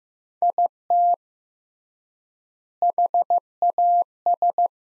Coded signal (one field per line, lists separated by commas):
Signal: Morse code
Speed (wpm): 15 wpm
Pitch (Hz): 700 Hz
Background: none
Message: IT HAS